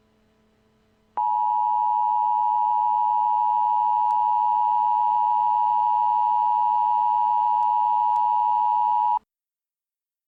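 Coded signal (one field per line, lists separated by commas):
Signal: Emergency Alert System (SAME) tones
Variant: 853 and 960 Hz attention tone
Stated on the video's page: Simulated EAS tones in a fictional scenario, not a real emergency broadcast.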